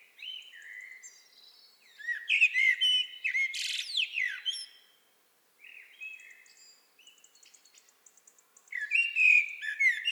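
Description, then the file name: Common blackbird singing: low warbled whistles building into a rich phrase with a shrill scratchy flourish, a soft pause with faint high notes, then fluting resumes. "Turdus merula"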